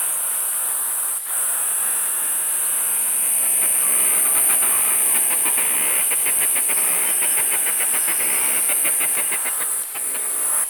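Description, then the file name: Black cicada song: a steady, piercing high hiss holds throughout, with a run of rapid pulsed clicks beneath it in the middle seconds. "atra"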